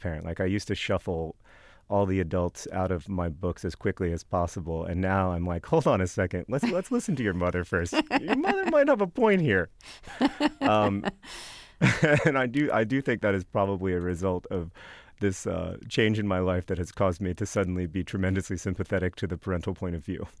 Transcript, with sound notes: Like, I used to shuffle all the adults out of my books as quickly as possible. And now I'm like, hold on a second. Let's listen to your mother first. Your mother might have a point here.
(Laughter).
And I do think that is probably a result of this change in my life that has caused me to suddenly be tremendously sympathetic to the parental point of view.